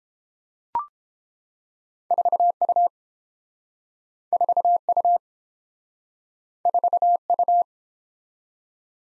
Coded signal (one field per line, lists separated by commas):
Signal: Morse code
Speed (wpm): 30 wpm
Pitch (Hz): 700 Hz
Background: none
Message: 4U 4U 4U